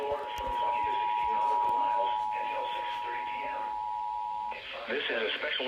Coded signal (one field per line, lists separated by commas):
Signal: Emergency Alert System (SAME) tones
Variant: 853 and 960 Hz attention tone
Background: speech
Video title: They Come And go EAS alerts from 7/12/21 (EAS Alerts #7-12)